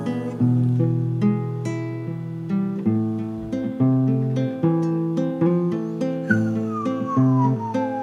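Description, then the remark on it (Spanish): A singer-songwriter's song with steady strummed guitar chords carries a thin, clear whistled melody that rises above the accompaniment and slides gradually downward near the end. No one speaks. “Con su armónica, con su guitarra, con su voz y con su silbido.”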